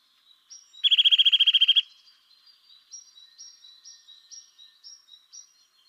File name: Sitta europaea